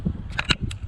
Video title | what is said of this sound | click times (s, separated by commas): Astra J 2010 1.8 Petrol oil cooler replacement!!! | That click sound is what we need to hear where we're tightening any bolts, | 0.4 s, 0.5 s